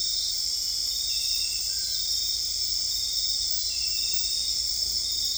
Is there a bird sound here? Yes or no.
no